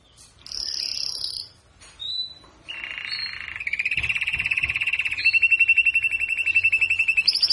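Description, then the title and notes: Belgian canary singing: brief high notes, then long rapid rolling trills, steady and even, stepping between pitches and growing louder toward the end. Belgian canary, galador song type, warming up. "Canario Belga, nyonyastudio"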